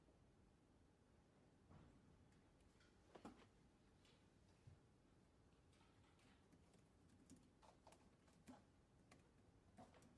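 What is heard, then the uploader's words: Library ambience in Glasgow: a steady low murmur fills the background while short, sharp knocks and clicks come every second or so, like objects set down or footsteps. A louder cluster of taps lands around three seconds, with more scattered ticks toward the end. Glasgow library. (university of glasgow).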